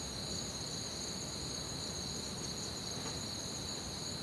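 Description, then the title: Steady cricket trilling, high and shrill at two pitches, running without pause over gentle low hiss. Crickets chirping at night in an orchard, recorded from a balcony with a Zoom H6. "Crickets Under Stars"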